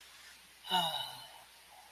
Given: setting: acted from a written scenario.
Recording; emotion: vocal sound without words; serenity